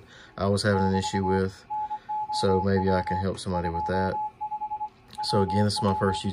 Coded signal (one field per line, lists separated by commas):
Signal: Morse code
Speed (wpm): 25 wpm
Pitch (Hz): 850 Hz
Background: speech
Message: <BT> NOW 25 WW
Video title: MFJ-464 CW Keyer/Reader Decoding issue with Icom-7300 and Decoding of W1AW Freq on 40M